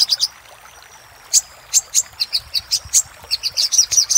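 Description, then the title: Little spiderhunter song: a few sharp high chips, a faint thin whistle, then a stuttering series of bright notes growing faster. Master recording made for training caged songbirds. "Masteran Burung Sogok Ontong Labaik"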